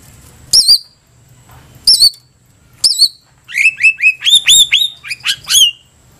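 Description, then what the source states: White-rumped shama song: three sharp whistled phrases with wavering high notes, then a rapid run of clear whistles and chirps. Cage-bird tutor recording (masteran) used for training captive birds to sing.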